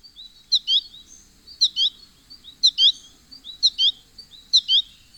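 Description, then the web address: American goldfinch calls, paired high twittering notes repeated about once a second in a steady series over quiet background. "Know Your Bird Sounds Common Western Species 49-American Goldfinch"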